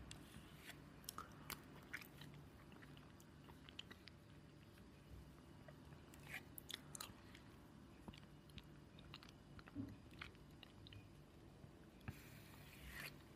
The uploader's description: A PERSON EATING